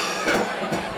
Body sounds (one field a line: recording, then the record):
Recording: coughing mixed with background sound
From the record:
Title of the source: Cough Around the Clock!